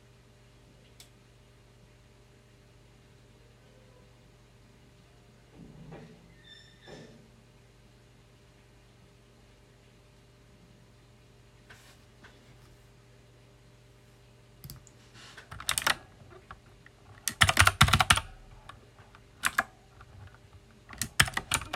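Close-up sounds of someone working on a loud mechanical keyboard. The first half is mostly quiet over a steady low hum, with a few soft bumps around six to seven seconds. From about fifteen seconds, loud clacking keystrokes arrive in dense bursts, heaviest near seventeen seconds and again at the end.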